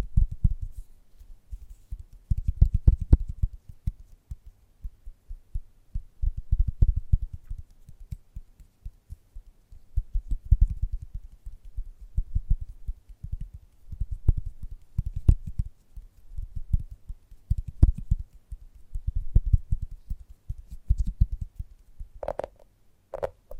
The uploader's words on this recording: ASMR Gentle Tapping Tickles Your Brain (No Talking).